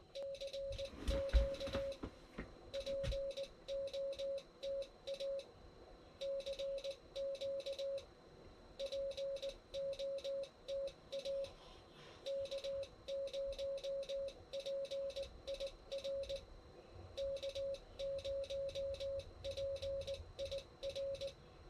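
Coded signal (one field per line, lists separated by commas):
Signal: Morse code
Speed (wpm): 19 wpm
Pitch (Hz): 550 Hz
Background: none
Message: CQ POTA CQ POTA K0PIR K0PIR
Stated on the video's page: Morse from a park activation at a Mammoth Cave National Park campground, using an Icom 7300 into an end-fed half-wave antenna about 25 feet up.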